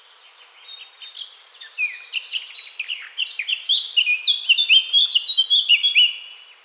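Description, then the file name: Eurasian blackcap song: a quiet scratchy warble building into loud, clear fluted whistles in quick succession, then fading at the end. "Sylvia atricapilla"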